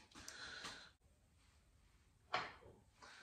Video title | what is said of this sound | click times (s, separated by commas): Harley Davidson Twin Cam Cam Install!!! | you want to make sure you get that fully seated make sure you get that nice click | 2.3 s